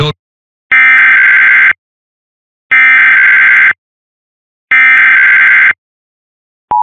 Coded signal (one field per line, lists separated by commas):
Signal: Emergency Alert System (SAME) tones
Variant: header bursts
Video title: 2 TORs for Salem, NJ and New Castle, DE [EAS #1,325-1,326]